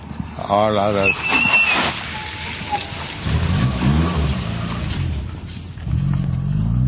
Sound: loud noise of car screeching

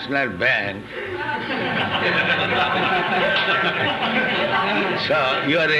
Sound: laughter

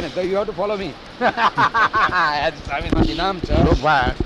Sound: indians laugh

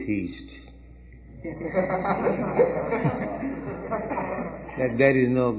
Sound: laughter

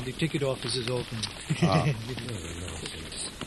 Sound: laughs

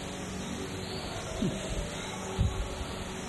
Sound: chuckles

